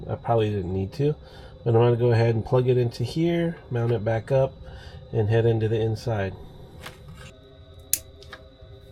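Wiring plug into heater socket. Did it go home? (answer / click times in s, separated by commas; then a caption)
yes / 7.9 s. Someone talks while a plastic wiring harness plug, its wires already pushed in, is pushed into its socket on an HLN 2000 Pro diesel heater installation. One loud, sharp click is heard at 7.9 s, and the plug is seated.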